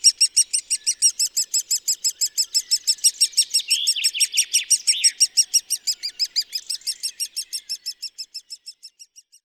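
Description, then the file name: Great spotted woodpecker calls: sharp, high, clicking notes repeated steadily about three times a second, fading toward the end, with another bird's brief chirps midway. "pic epeiche"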